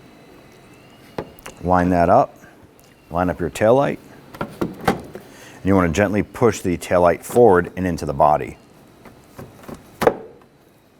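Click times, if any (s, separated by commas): 10.0 s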